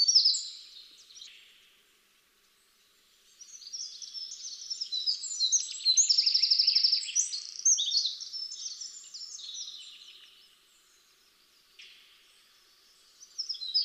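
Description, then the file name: Eurasian wren: a brief high snatch, a silent gap, then a long, vigorous song of rapid trills and tinkling notes, followed by another short start. "Troglodytes troglodytes"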